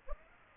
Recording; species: mosquito wingbeat signal from an infrared sensor; Aedes aegypti